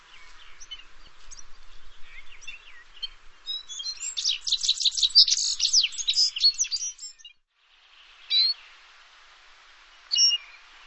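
Bird song, a busy run of high twittering notes building to a loud rapid burst, then a pause and two short separate chirps.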